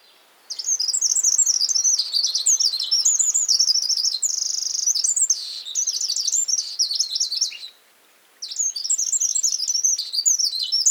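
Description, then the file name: Eurasian wren singing a long, fast, high-pitched torrent of trills and sharp notes, pausing briefly before another loud burst begins. "Troglodytes troglodytes"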